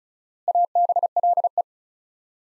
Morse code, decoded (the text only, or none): ABLE